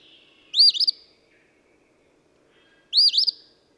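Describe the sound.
Eastern phoebe singing two brisk, buzzy 'fee-bee' phrases about two and a half seconds apart against a quiet background.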